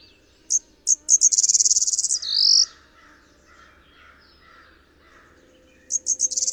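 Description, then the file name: Blue-winged warbler song: a high buzzy trill followed by a lower, rougher buzz, with a new buzzy phrase starting at the end; faint chirps behind. "Blue-winged Warbler - Vermivora cyanoptera"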